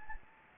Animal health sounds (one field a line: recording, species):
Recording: mosquito wingbeat signal from an infrared sensor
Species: Anopheles gambiae